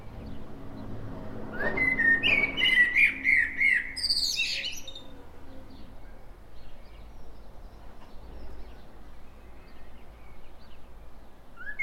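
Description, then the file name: Common blackbird delivering one song phrase, a rich looping warble that climbs into sharp, high chattering squeaks. "Turdus merula"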